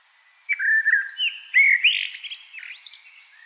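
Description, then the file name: Common blackbird song: a low fluty warble opening the phrase, then a rising run of squeaky, twittering high notes trailing off. "Turdus merula"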